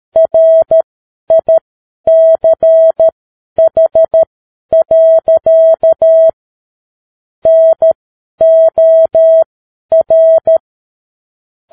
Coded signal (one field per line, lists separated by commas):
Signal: Morse code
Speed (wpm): 13 wpm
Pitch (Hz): 650 Hz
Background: none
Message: RICH. NOR